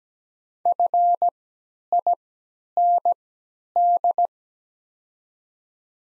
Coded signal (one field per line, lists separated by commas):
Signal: Morse code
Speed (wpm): 17 wpm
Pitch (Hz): 700 Hz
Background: none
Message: FIND